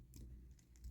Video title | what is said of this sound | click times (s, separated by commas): What a delight! Xtransbot's Groove is definitely in the heart! | just pops right in. I think that's a good looking head. | 0.8 s